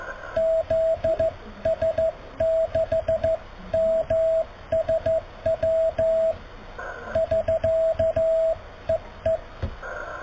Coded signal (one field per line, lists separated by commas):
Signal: Morse code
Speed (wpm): 15 wpm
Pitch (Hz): 650 Hz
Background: radio noise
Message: ZS6MSW <SK> EE